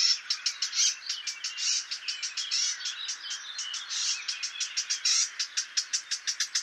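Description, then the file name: Eurasian blackcap calls, a dense run of sharp, high ticking and chattering notes repeated rapidly throughout, with brief louder bursts. "Sylvia atricapilla"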